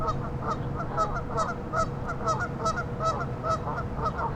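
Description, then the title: Goose honks in a steady series over a loud low rumble. "neoscenes: geese"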